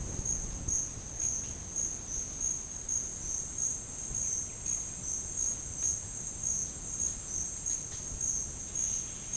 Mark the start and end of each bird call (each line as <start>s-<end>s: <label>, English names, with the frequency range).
4.09s-5.06s: White-winged Becard (1.4-3.4 kHz)